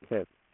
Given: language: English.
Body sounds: throat vibration sensor signal played as sound; speech

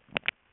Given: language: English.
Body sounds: throat vibration sensor signal played as sound; swallow

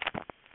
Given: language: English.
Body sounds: throat vibration sensor signal played as sound; swallow

